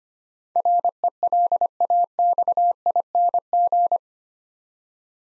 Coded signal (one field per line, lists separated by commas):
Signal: Morse code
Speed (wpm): 25 wpm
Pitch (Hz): 700 Hz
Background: none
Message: RELAXING